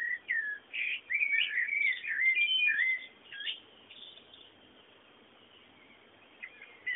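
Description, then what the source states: Birds singing, a run of clear whistled and warbled notes over the first few seconds, then near silence with a faint chirp or two. Background bird sounds.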